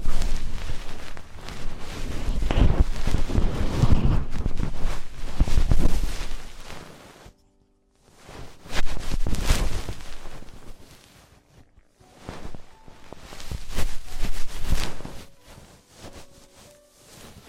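Traditional Chinese ear cleaning, heard as dense scratching and rustling that is loud and busy for the first seven seconds, then drops to near silence around seven to eight seconds. Softer, uneven scraping returns in swelling bursts, with faint steady tones in the background.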